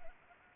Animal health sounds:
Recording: mosquito wingbeat signal from an infrared sensor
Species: Anopheles arabiensis

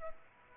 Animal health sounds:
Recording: mosquito wingbeat signal from an infrared sensor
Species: Aedes aegypti

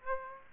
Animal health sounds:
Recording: mosquito wingbeat signal from an infrared sensor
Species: Aedes aegypti

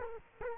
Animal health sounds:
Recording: mosquito wingbeat signal from an infrared sensor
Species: Culex quinquefasciatus

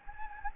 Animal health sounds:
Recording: mosquito wingbeat signal from an infrared sensor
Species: Anopheles gambiae

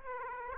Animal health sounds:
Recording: mosquito wingbeat signal from an infrared sensor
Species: Aedes aegypti

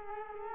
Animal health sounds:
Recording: mosquito wingbeat signal from an infrared sensor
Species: Culex quinquefasciatus

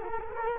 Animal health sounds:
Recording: mosquito wingbeat signal from an infrared sensor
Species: Culex quinquefasciatus

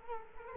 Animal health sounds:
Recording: mosquito wingbeat signal from an infrared sensor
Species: Culex quinquefasciatus

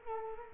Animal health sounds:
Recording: mosquito wingbeat signal from an infrared sensor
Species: Culex quinquefasciatus

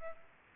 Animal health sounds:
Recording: mosquito wingbeat signal from an infrared sensor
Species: Aedes aegypti

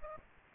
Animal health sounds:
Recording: mosquito wingbeat signal from an infrared sensor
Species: Aedes aegypti

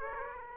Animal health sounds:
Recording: mosquito wingbeat signal from an infrared sensor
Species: Aedes aegypti

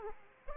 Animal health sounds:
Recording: mosquito wingbeat signal from an infrared sensor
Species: Aedes aegypti

